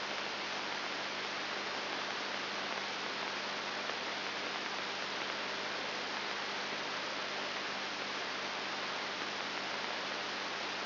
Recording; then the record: brain microelectrode recording played as sound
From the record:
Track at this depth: inside the subthalamic nucleus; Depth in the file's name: 4.701 mm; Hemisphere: left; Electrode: 3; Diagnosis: Parkinson's disease